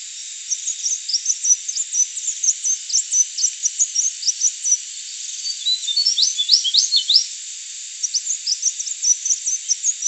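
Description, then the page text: Crimson sunbird singing a long, rapid series of high, thin twittering notes with a brief run of sharper descending slurs midway, over constant high-pitched hiss. "Crimson Sunbird Song. Quick Sounds"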